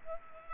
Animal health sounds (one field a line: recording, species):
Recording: mosquito wingbeat signal from an infrared sensor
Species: Culex pipiens